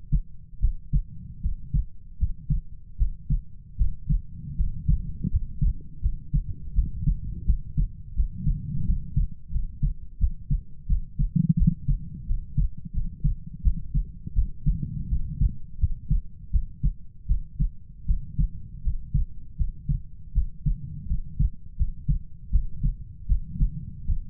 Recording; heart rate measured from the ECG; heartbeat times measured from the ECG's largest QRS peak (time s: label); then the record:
heart sounds by stethoscope; 82 bpm
0.59 s: heartbeat
1.41 s: heartbeat
2.17 s: heartbeat
2.96 s: heartbeat
3.76 s: heartbeat
4.55 s: heartbeat
5.29 s: heartbeat
6.00 s: heartbeat
6.73 s: heartbeat
7.44 s: heartbeat
8.14 s: heartbeat
8.84 s: heartbeat
9.51 s: heartbeat
10.18 s: heartbeat
10.87 s: heartbeat
11.56 s: heartbeat
12.26 s: heartbeat
12.92 s: heartbeat
13.62 s: heartbeat
14.33 s: heartbeat
15.08 s: heartbeat
15.78 s: heartbeat
16.50 s: heartbeat
17.26 s: heartbeat
18.05 s: heartbeat
18.82 s: heartbeat
19.56 s: heartbeat
20.33 s: heartbeat
21.06 s: heartbeat
21.76 s: heartbeat
22.50 s: heartbeat
23.26 s: heartbeat
24.05 s: heartbeat
From the record:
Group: healthy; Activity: rest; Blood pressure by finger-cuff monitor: 96/54 mmHg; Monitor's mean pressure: 67 mmHg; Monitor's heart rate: 81 bpm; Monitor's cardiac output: 7.3 L/min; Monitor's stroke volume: 91 mL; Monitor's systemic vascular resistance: 650 dyn s/cm5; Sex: female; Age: 19 years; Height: 163 cm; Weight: 48.9 kg